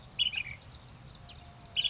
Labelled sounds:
Ash-throated Flycatcher (Myiarchus cinerascens)
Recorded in Sonoma County, California

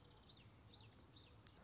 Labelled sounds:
Common Yellowthroat (Geothlypis trichas)
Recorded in Sonoma County, California

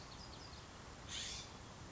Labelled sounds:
California Scrub-Jay (Aphelocoma californica)
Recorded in Sonoma County, California

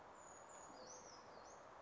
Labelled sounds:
Brown Creeper (Certhia americana)
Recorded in Sonoma County, California

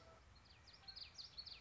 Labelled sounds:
Common Yellowthroat (Geothlypis trichas)
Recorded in Sonoma County, California

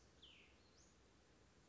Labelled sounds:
Cassin's Vireo (Vireo cassinii)
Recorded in Sonoma County, California

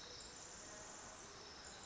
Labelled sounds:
Pacific Wren (Troglodytes pacificus)
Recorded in Sonoma County, California

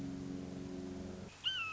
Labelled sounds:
Red-shouldered Hawk (Buteo lineatus)
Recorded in Sonoma County, California

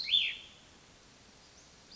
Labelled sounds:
Cassin's Vireo (Vireo cassinii)
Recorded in Sonoma County, California

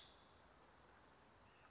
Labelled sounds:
Nuttall's Woodpecker (Dryobates nuttallii)
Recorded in Sonoma County, California

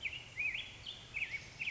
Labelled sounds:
Black-headed Grosbeak (Pheucticus melanocephalus)
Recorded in Sonoma County, California

